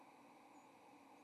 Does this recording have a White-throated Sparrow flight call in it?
no